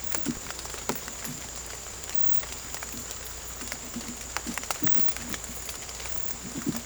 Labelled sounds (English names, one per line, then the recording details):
none
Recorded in secondary vegetation near Puerto Asís, Putumayo, Colombia, on 18 December 2024 at 00:30
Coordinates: 0.468, -76.324
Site G095